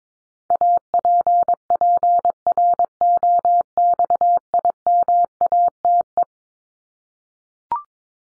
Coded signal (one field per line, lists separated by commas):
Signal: Morse code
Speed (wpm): 22 wpm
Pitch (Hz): 700 Hz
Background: none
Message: APPROXIMATE